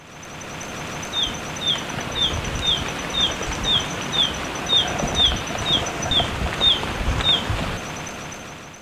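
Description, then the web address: Golden-faced tyrannulet calls: about a dozen short, high, down-slurred notes repeated twice a second, over a steady thin insect whine and soft background hiss. Recorded in Ecuador. "Natures Songs S America Birds of Ecuador Golden-faced Tyrannulet"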